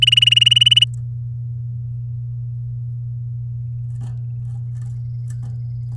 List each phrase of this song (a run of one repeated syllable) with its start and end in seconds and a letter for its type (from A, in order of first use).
0.02-0.84 A